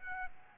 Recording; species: mosquito wingbeat signal from an infrared sensor; Aedes albopictus